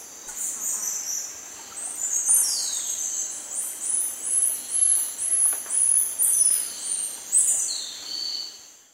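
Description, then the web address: Black-mantled tamarin giving a long run of piercing, stepped high notes mixed with falling whistled sweeps, steady and insistent throughout. South American rainforest. "Natures Songs S America Primates of the Rainforest Black-mantle tamarin"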